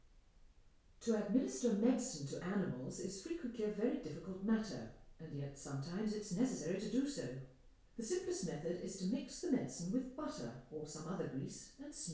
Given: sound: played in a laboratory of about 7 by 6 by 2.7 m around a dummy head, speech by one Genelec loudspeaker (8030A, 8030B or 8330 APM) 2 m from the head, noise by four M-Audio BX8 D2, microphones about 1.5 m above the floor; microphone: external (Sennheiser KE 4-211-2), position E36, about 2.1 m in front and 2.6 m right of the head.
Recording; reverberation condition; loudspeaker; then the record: female speech in English; medium; 30 degrees to the right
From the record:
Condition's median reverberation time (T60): about 510 ms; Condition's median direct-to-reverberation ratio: about -0.5 dB